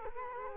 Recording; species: mosquito wingbeat signal from an infrared sensor; Culex quinquefasciatus